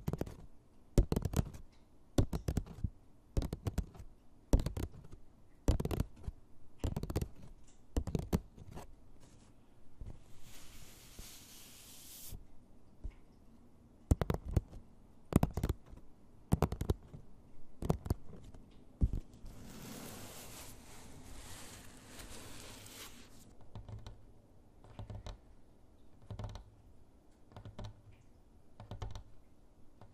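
Tapping with nails and finger pads on various objects, starting as a steady run of sharp, evenly spaced knocks for about ten seconds. Softer scratchy rubbing breaks in around 10–12 and 20–23 seconds, while later taps come quicker and more irregular, mixing light and firm hits.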